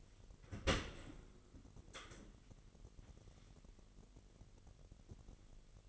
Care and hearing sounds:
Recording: daily activity, microphone in the room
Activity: open dishwasher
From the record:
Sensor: 4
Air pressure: 999.2 hPa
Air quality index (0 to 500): 121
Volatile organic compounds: 2 ppm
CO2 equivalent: 1192 ppm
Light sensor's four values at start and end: 8/21/8/9 and 8/20/8/9

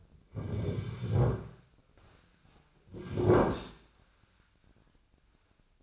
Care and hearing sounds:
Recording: daily activity, microphone in the room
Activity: sit down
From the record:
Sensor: 2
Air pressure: 1009.1 hPa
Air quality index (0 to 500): 171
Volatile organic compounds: 2 ppm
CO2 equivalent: 1250 ppm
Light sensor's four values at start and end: 36/96/40/43 and 35/94/39/43

